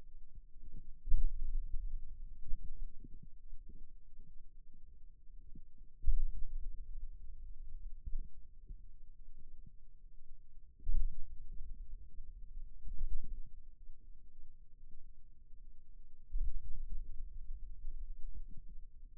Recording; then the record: forearm muscle sounds (acoustic myography)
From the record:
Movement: pen grasping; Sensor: system 2, bracelet of six BSWA MPA416 microphones around the upper forearm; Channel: 1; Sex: male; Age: 22 years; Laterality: right